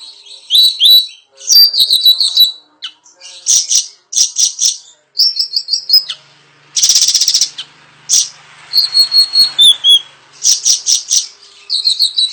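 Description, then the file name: Bayeman delivering continuous high-pitched song of chattering trills, buzzy rasps and short whistled notes, with only brief gaps. "suara burung bayeman"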